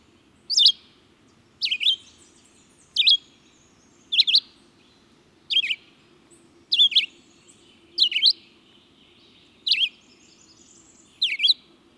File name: Redeyed Vireo